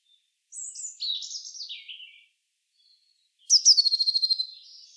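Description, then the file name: Eurasian blue tit calls: thin, high descending notes, then a rapid buzzy trill of about a dozen quick notes lasting roughly a second. "Cyanistes caeruleus"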